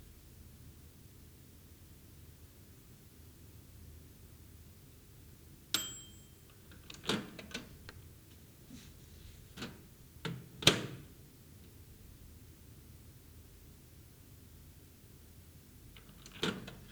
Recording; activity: daily activity, guitar pickup as the sensor; use microwave